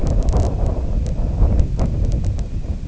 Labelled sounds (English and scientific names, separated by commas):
none